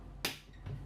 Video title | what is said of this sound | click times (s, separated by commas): Newmar Ventana 3709 | when you're getting ready to travel you always want to have that closed and then hear the click | 0.2 s